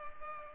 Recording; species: mosquito wingbeat signal from an infrared sensor; Culex pipiens